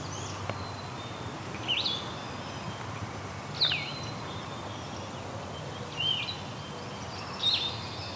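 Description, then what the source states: Blue-headed Vireo singing brief slurred whistled phrases separated by pauses, sweet in tone, against constant low hiss. Wild bird heard in the field; song likened to the red-eyed vireo's but blurrier, like 'vireo' with a bit of sweetness.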